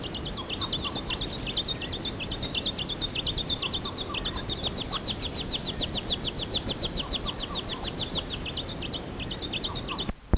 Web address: thamnornis warbler